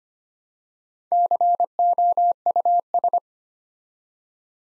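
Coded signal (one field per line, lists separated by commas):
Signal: Morse code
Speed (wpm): 25 wpm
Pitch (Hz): 700 Hz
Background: none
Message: COUS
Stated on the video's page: Morse practice at 25 wpm building six-letter words two letters at a time, for instant character recognition training.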